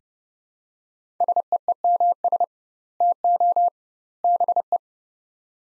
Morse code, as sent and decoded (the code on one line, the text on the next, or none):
... . . -- ... / - --- / -... .
SEEMS TO BE